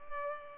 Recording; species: mosquito wingbeat signal from an infrared sensor; Culex pipiens